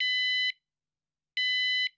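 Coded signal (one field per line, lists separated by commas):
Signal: beep code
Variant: van alarm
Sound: two half-second electronic beeps separated by a short pause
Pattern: 2 long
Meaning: Two beeps confirm a second remote was paired successfully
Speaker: the lock and unlock buttons simultaneously on the second remote two beeps will sound if successfully set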